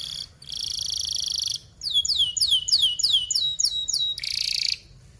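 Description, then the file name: Canary song: a buzzy high trill, then a rapid run of repeated down-slurred chirps, ending in a harsh buzzy burst; faint low hum beneath. Gacor singing canary with fast, tight, sharp rolling chirps (speed rapat, cuit-cuit, ngerol tajam). "Suara Kenari Gacor Speed Rapat Cuit Cuit Ngerol Tajam"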